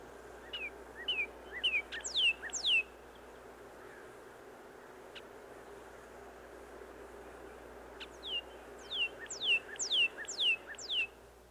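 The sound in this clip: Northern cardinal song, two phrases of loud downslurred whistles repeated about twice a second, separated by a long quiet gap with steady background noise.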